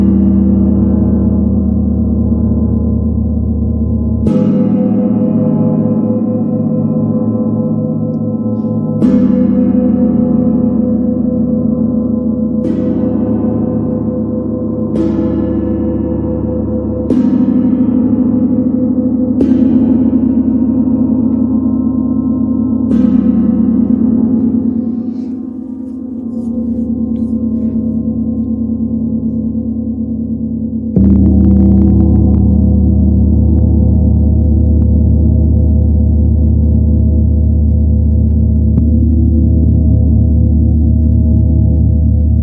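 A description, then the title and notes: A large gong rings continuously with a deep, shimmering hum, struck softly every few seconds at first, around 4, 9, 13, 15, 17, 19 and 23 seconds. The tone swells and wobbles, dips briefly near 26 seconds, then a firmer strike at 31 seconds renews the full, dense roar. The sound of the Chiron Gong.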